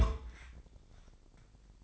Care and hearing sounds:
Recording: daily activity, microphone in the room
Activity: place on stove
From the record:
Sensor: 5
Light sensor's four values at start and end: 30/68/28/27 and 31/70/29/28

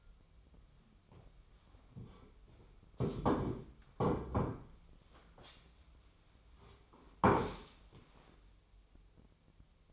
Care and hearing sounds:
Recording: daily activity, microphone in the room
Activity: sit down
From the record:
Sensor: 1

